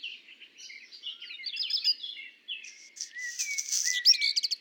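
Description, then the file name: Black redstart song with a grating, crackly section and rapid ticking notes near the end, following a stretch of varied warbled phrases from another songbird. Heard with common blackbird song; recorded at Le Puech on 5 June 2021. "050621-chant-de-rougequeue-noir-de-merle-noir-Le-Puech"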